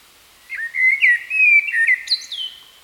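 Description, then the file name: Common blackbird song: a mellow, warbled whistled phrase of several fluty notes, ending in a thin, high twittering flourish; no other sounds. "Turdus merula"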